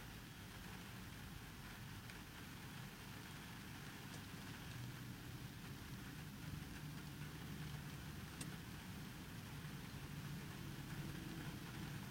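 Heavy rain on a parked car with nobody inside, a steady dense patter drumming over a low, even rumble. The level holds constant for the whole stretch, with a few faint brighter ticks near 2, 4 and 8 seconds and a soft low hum underneath.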